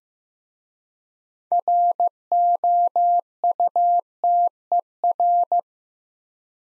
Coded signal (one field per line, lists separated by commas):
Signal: Morse code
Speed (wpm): 15 wpm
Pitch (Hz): 700 Hz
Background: none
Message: ROUTER